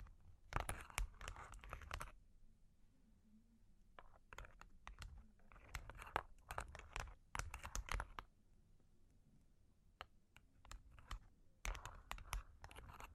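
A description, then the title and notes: Long claws tap and scratch in quick, uneven bursts, with brief pauses between clusters. Long Claws Tapping and Scratching (No Talking).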